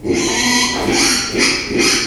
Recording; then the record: squeal of a Yucatan mini pig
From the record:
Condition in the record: after surgery on the right vocal fold (resection and tissue-engineered implant); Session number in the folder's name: 2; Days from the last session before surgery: 13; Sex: male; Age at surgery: 12 weeks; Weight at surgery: 13 kg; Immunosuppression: cyclosporine, prednisolone